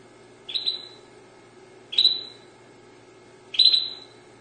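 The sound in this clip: Dutch canary calls: three short upward chirps ending in a level whistle, spaced about one and a half seconds apart over a faint steady hum.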